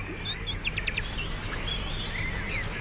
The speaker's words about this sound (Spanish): Este agradable viento de verano. Los cantos de los pájaros.